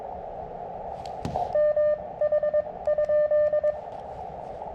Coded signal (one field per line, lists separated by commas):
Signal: Morse code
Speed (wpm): 22 wpm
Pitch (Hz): 590 Hz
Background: radio noise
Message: MH?